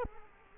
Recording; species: mosquito wingbeat signal from an infrared sensor; Culex quinquefasciatus